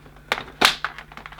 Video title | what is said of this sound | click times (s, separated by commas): Dyson Cinetic Big Ball Upright Vacuum Cleaner Unboxing Assembly & First Look | it that's clipped into position that's all there is to it | 0.3 s, 0.8 s